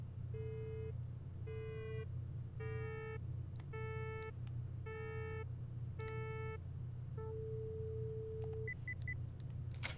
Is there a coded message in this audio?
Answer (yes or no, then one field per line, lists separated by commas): no